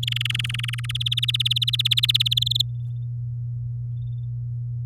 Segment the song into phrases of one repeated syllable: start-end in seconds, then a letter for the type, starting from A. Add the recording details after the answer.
0.03-0.92 A, 0.95-2.34 B, 2.37-2.62 C. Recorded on 9 May 2018 at 13:27. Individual llb16